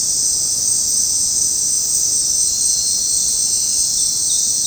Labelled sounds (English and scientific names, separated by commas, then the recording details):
none
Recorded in dense forest near Puerto Asís, Putumayo, Colombia, on 18 February 2024 at 19:00
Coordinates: 0.503, -76.322
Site G6418